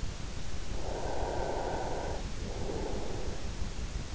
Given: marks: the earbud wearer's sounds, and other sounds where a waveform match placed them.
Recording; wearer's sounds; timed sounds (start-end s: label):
sounds in sleep by an in-ear microphone; breath
0.79-3.18 s: breath